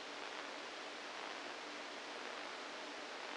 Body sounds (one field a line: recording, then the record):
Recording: brain microelectrode recording played as sound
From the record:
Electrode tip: inside the subthalamic nucleus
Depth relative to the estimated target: -3 mm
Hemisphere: right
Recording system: NeuroSet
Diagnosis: Parkinson's disease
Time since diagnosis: 7 years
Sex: female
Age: 68 years